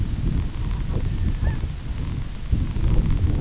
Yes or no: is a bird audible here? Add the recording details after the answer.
yes. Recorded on Arctic tundra, site IGLO-A, on 22 June 2018. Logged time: 17:59